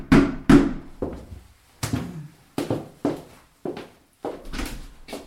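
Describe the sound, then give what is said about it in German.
Someone raps on a front door, about ten loud, hollow knocks in an uneven rhythm, each with a short booming decay, with no voices. “Stattdessen klopfte es an der Haustür.”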